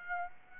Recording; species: mosquito wingbeat signal from an infrared sensor; Aedes aegypti